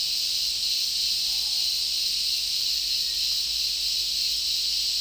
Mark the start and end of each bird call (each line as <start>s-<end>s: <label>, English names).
2.48s-3.27s: Cinereous Tinamou